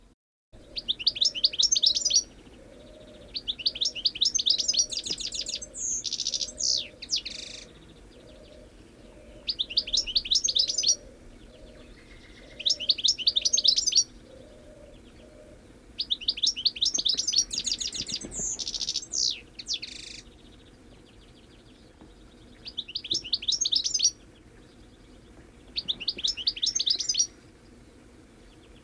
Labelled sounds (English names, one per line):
European Goldfinch call